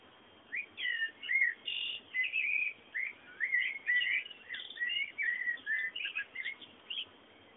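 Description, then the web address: Birds singing a lively, steady stream of chirps and twittering phrases, repeated in rapid bursts throughout. Bird sounds presented as background ambience. "bullas Bullasdata sounds fondo pajaros"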